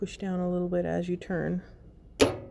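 On a seized Consew 255RBL-25 industrial sewing machine being repaired, the shaft is pressed down and turned in its bore while someone talks. A sharp click at 2.2 s marks the shaft seating home at the bottom of the bore.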